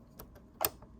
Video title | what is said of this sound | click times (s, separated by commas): Conquer Your Fears: Easy Brother 1034D Serger Setup & Mastery Guide | Once you hear the click, you know that it is clicked in, and then we will now put it into | 0.6 s